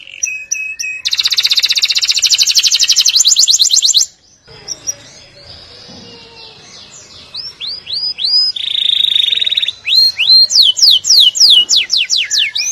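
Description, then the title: Atlantic canary song: a dense buzzy trill, a quieter stretch, then swooped whistles and repeated downslurred notes. "Kenari"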